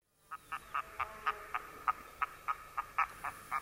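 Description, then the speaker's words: Red-throated loon cackling flight call: a run of many harsh, nasal notes, nearly four per second, over a quiet background. Loud flyover above a home yard in late April; the loon from a nearby pond announcing its return, checking the ice on its still-frozen nesting pond. "Taivalta kuuluu tuttu kaakatus, kun läheisen lammen kaakkuri ilmoittaa paluustaan."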